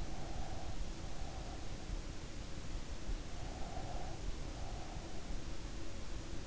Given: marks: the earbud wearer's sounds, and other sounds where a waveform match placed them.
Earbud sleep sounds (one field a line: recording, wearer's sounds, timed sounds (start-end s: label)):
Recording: sounds in sleep by an in-ear microphone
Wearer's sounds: breath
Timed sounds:
0.04-2.16 s: breath
3.47-5.49 s: breath